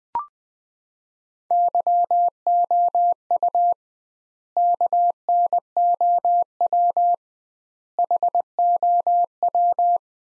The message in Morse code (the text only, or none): YOU KNOW HOW